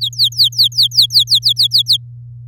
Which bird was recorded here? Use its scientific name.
Serinus canaria